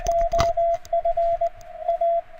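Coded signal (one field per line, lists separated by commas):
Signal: Morse code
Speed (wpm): 20 wpm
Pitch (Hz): 680 Hz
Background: radio noise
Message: OF A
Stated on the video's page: CW received through varying passband widths, showing that narrowing the passband improves readability.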